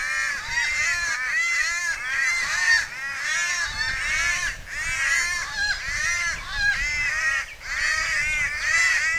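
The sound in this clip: Cuban palm crows keeping up an almost unbroken chorus of hoarse, overlapping caws, with no clear pauses.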